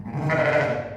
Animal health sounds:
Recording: contact call of a hoofed animal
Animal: sheep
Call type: low-frequency (closed-mouth) or high-frequency (open-mouth) call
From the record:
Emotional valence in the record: negative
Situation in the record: short social isolation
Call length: 0.97 s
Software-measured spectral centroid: 1450 Hz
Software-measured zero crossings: 1380 a second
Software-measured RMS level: -23 dBFS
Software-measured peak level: -10 dBFS

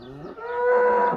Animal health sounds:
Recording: contact call of a hoofed animal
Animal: cattle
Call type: low-frequency (closed-mouth) or high-frequency (open-mouth) call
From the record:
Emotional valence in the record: negative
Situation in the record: full separation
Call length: 1.17 s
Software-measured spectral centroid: 1100 Hz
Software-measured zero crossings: 1340 a second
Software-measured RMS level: -22 dBFS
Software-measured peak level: -10 dBFS

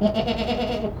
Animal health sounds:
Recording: contact call of a hoofed animal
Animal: goat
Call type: low-frequency (closed-mouth) or high-frequency (open-mouth) call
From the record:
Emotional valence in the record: positive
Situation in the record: food anticipation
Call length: 1.00 s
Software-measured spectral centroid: 1810 Hz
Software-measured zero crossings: 1430 a second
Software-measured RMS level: -24 dBFS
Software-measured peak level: -7 dBFS

